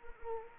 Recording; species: mosquito wingbeat signal from an infrared sensor; Anopheles arabiensis